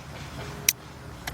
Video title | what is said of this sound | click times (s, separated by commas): Cadillac CTS SRX Buick Enclave Chevy Equinox Camaro GMC Acadia Saturn Outlook Pontiac G8 P0496 | put that in till it clicks into place | 0.7 s